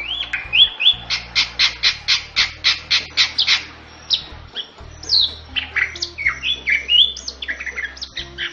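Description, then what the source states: Bali myna song: a run of rapid, evenly spaced harsh chattering notes, then varied whistled and squawking phrases, some rising and some falling, over a faint low hum. Bali myna with a unique voice, used for training songbirds for contests.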